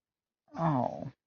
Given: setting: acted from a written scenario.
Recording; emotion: vocal sound without words; disappointment